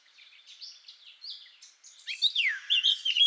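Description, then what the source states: Eurasian blackcap song: a quiet scratchy subsong-like twitter that swells into loud clear fluting whistles with a downward swoop near the end. Recorded 17 June 2014 in Garching.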